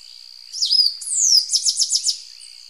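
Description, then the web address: Tricolored brush-finch song: a thin rising-and-falling whistle, a long downward slur, then five quick evenly spaced descending notes. Ecuador. "Birds of Ecuador Tricolored Brush-Finch"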